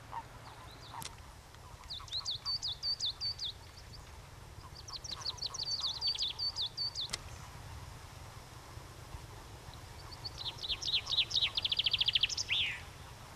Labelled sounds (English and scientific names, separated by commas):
Common Chaffinch (Fringilla coelebs) song